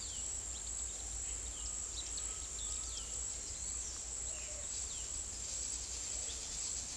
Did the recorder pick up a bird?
yes